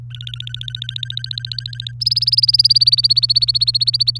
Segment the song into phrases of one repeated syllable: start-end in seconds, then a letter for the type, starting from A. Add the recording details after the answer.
0.10-1.92 A, 2.00-4.18 B. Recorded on 24 April 2018 at 18:11. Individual llb3